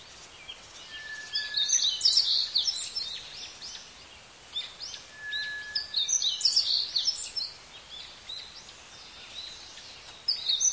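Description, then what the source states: Forest birds twittering as a flock, clusters of sharp high chirps returning every few seconds, with a brief thin whistle between bursts over a soft hiss. Flock calling in green forest.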